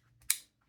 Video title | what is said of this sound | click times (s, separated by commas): Radio for Preparedness 101: How to set up your radio | slide the battery on locks into place | 0.3 s